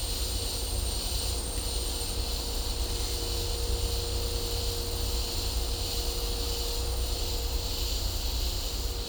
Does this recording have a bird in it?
no